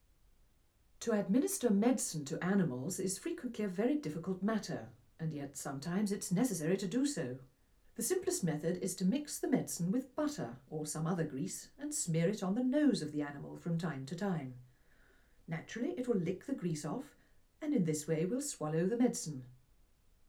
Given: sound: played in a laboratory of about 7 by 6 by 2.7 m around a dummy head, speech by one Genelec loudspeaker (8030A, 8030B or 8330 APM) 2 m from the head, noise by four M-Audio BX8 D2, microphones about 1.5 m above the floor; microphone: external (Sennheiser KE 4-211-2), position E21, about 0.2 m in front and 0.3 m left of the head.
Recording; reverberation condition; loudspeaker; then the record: female speech in English; low; 150 degrees to the left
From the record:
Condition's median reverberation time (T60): about 310 ms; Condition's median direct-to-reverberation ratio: about 3.5 dB